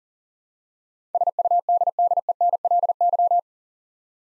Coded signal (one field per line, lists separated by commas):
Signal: Morse code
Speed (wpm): 37 wpm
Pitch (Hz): 700 Hz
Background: none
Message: SUDDENLY